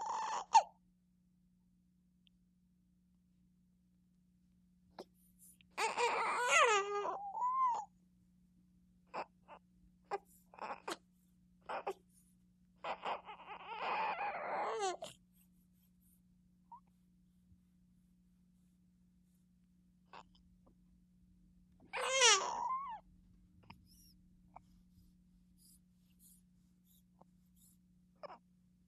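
Three short bouts of high-pitched crying from a five-week-old baby, each a second or two long, break up long quiet gaps, with small whimpers and breaths between them. This is the ordinary cry of a young infant. A steady low electrical hum runs underneath.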